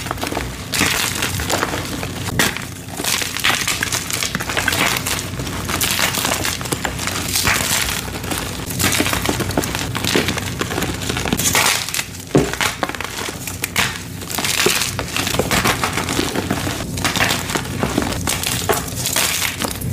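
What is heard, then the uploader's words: Gym chalk being crushed and crumbled, a dense, continuous crunching and crinkling with sharp gritty snaps scattered throughout. The texture stays busy and bright from start to finish, with brief quieter gaps near 2.5 and 12.5 seconds. Rainbow gym chalk compilation.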